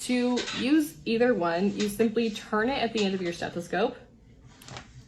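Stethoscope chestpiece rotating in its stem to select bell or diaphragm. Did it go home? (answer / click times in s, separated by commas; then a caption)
yes / 4.8 s. Someone talks while turning the chestpiece at the end of a stethoscope, rotating it in its stem to switch between the bell and the diaphragm. After the talking stops, a brief, faint click is heard at 4.8 s as the stem seats into its detent and the chestpiece locks into position.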